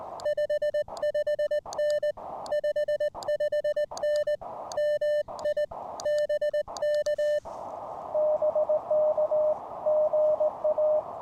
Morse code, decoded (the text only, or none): 55N 55N MI BK BK GA